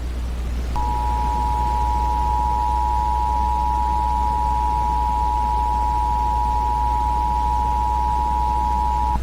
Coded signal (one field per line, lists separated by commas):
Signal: Emergency Alert System (SAME) tones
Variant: 853 and 960 Hz attention tone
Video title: The Thanksgiving virus eas scenario